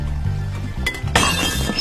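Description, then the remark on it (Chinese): A ceramic dish smashes while the dishes are being washed, a sharp crash of breaking pieces with bright clinking shards scattering afterward, over a low rumbling background like running water at a sink. “哎呦，真倒霉！算了，不洗碗了。”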